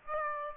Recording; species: mosquito wingbeat signal from an infrared sensor; Aedes aegypti